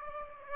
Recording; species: mosquito wingbeat signal from an infrared sensor; Aedes aegypti